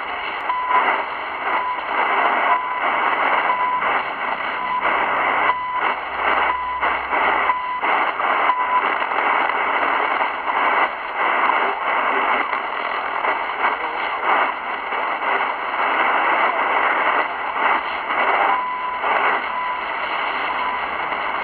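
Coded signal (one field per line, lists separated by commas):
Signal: radio time signal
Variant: CHU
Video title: Ultralight SW-DX: Radio Station CHU 14.670 kHz. Canada-Ottawa.[ Señal Horaria ]. NRC. (Primavera).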